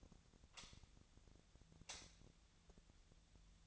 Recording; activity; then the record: daily activity, microphone in the room; light on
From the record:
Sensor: 3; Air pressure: 1009.8 hPa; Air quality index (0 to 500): 190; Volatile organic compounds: 14 ppm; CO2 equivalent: 2470 ppm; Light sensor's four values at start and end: 39/97/42/45 and 46/119/50/52